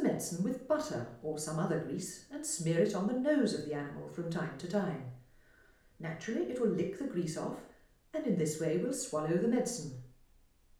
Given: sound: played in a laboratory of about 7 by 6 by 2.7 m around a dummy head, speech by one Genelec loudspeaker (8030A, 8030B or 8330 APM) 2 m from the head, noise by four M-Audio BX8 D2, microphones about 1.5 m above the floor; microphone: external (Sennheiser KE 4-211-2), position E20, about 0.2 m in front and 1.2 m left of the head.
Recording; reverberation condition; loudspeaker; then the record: female speech in English; medium; 150 degrees to the left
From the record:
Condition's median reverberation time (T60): about 510 ms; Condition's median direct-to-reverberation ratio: about -0.5 dB